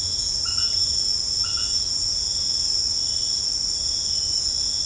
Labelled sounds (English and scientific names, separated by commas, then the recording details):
none
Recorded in pastures near Puerto Asís, Putumayo, Colombia, on 29 June 2025 at 18:30
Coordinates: 0.496, -76.326
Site GP01